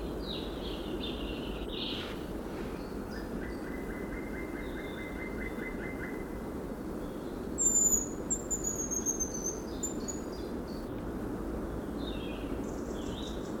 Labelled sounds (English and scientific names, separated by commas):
Hazel Grouse (Tetrastes bonasia) call